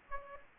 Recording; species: mosquito wingbeat signal from an infrared sensor; Aedes aegypti